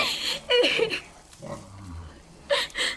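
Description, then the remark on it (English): A small runty pig oinks and squeals in several short, high-pitched bursts, with a softer, lower grunt in the middle and a brief pause before the final squeals. “A little runty pig is another.”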